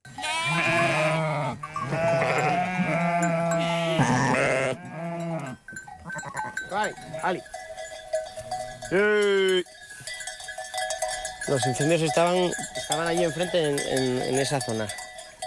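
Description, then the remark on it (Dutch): A flock of grazing sheep and goats with a shepherd in northern Spain bleats in overlapping, wavering cries, some loud and some higher-pitched, while cowbells clink steadily throughout. “Zij is met een herder in het noorden van Spanje op pad geweest, omdat grazende schapen en geiten in worden gezet om met name die bosbranden tegen te gaan.”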